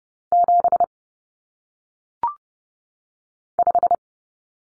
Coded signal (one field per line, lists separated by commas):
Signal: Morse code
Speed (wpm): 30 wpm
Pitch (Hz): 700 Hz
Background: none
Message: 7 5